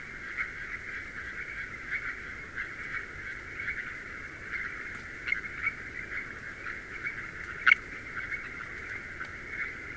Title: Garo Hills Frogs, Himalayas - If We Vanish - Part 2